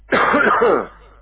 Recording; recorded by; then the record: voluntary cough; telephone call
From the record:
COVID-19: positive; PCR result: checked with the laboratory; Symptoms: yes